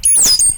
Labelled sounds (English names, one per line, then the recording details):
Stitchbird song
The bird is a male
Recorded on Tiritiri Matangi Island, New Zealand, in 2005
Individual 12, of nest box 16